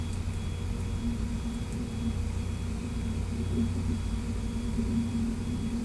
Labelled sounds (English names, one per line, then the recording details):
none
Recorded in pastures near Puerto Asís, Putumayo, Colombia, on 20 December 2024 at 11:00
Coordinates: 0.505, -76.324
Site G063